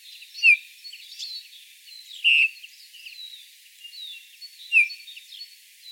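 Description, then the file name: Eurasian bullfinch calling three times, each a brief mellow whistle, the middle one slightly longer, with other birds twittering faintly behind. "Pyrrhula pyrrhula"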